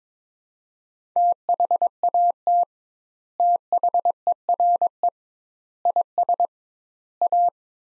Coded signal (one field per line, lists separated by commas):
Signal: Morse code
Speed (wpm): 21 wpm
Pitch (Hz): 700 Hz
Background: none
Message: THAT THERE IS A